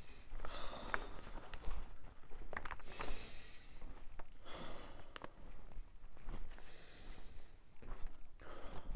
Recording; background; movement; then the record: deep breathing; quiet; walking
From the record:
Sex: male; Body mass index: 23.7 kg/m2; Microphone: on the chest, facing outward